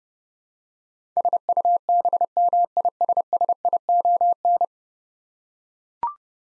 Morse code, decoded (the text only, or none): SUBMISSION